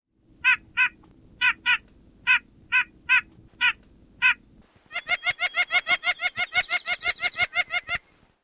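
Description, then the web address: White-breasted nuthatch giving nasal, harmonic calls: about nine spaced notes at uneven intervals, then a rapid, even run of many similar notes. "Thumbs Plus Zoo Field Guide Repository Sounds"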